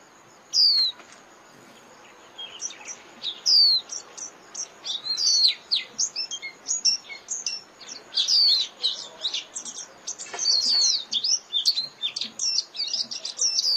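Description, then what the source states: White-eye calls: sharp downslurred high notes at first, then a dense, continuous chatter of thin twittering chirps that builds toward the end. Lure call (mồi) used for trapping.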